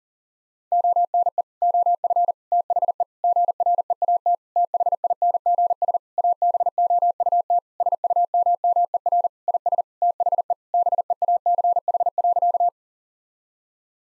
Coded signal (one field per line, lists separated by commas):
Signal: Morse code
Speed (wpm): 40 wpm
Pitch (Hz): 700 Hz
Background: none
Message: ONE OF THE GREAT THINGS ABOUT SUMMER IS THE BEACH.